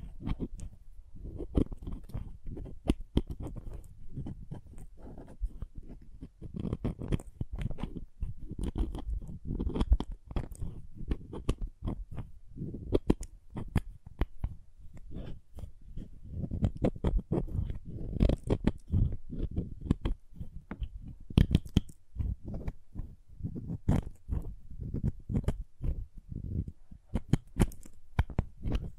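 Crayons tap, scrape and carve in a dense, irregular run of quick dry clicks and low scratchy rubs that continues without pause throughout.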